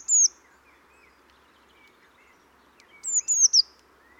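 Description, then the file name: Eurasian blue tit calling with a single high descending note, then a pause and a quick run of thin falling notes. "Cyanistes caeruleus"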